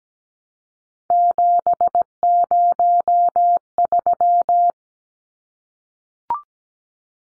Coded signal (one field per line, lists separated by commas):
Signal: Morse code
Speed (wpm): 17 wpm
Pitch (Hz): 700 Hz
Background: none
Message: 703